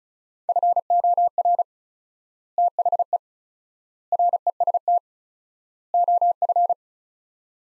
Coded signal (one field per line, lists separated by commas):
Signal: Morse code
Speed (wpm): 36 wpm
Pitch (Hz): 700 Hz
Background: none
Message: FOR THE REST OF